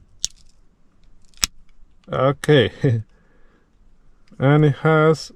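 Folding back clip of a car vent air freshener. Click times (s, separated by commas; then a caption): 0.2 s, 1.4 s. The plastic clip on the back of a car vent air freshener is folded and pulled up until it clicks into place to activate it. Two sharp, loud clicks sound at 0.2 s and 1.4 s, and then someone talks.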